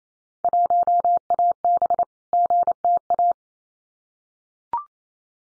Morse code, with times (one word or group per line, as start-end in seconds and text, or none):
0.4-2.0 1AB
2.3-3.3 GTA